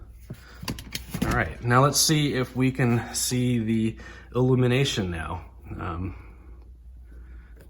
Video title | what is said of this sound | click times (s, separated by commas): 1987 Mercedes-Benz 420SEL: Replacing the backlighting bulb in the headlight switch bezel | and push it in until it snaps in, and we're done. | 0.7 s